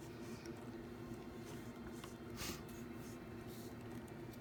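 A hose connector is twisted by hand into the blower port of a Kirby G4 vacuum cleaner to lock it in place for blower use, a fitting that is very hard to do. Steady low background noise runs throughout, with a brief broadband scuff of handling around 2.5 s. The connector is still being handled, and nothing has seated or clicked yet.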